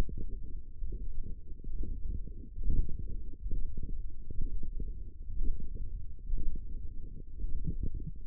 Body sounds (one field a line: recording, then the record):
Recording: forearm muscle sounds (acoustic myography)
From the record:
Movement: radial deviation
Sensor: system 1, eight BSWA MPA416 microphones around the upper forearm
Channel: 3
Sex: male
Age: 23 years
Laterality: right